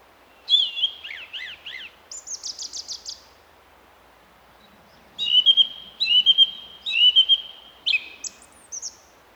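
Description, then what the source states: Song thrush song: varied phrases, a trill of rising-falling notes then a buzzy high phrase, a pause, then a clear whistled figure repeated four times in quick succession. Recorded in April a couple of years ago; an example of the song thrush repeating its phrases.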